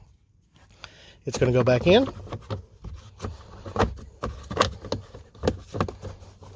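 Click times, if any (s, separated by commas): 4.2 s, 4.6 s, 4.9 s, 5.5 s, 5.8 s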